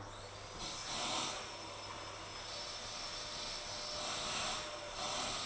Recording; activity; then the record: daily activity, microphone in the room; vacuum cleaning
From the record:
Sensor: 5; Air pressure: 999.4 hPa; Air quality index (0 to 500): 226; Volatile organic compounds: 23 ppm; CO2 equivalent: 2768 ppm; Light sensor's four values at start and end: 34/79/32/30 and 34/79/32/30